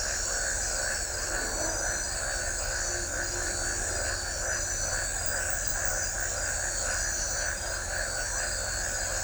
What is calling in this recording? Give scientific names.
none